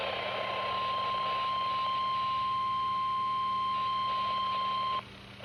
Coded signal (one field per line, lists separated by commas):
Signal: Emergency Alert System (SAME) tones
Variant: 1050 Hz attention tone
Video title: On the Water… || EAS Alerts from 7/6/22 || EAS 778-789